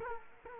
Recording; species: mosquito wingbeat signal from an infrared sensor; Culex quinquefasciatus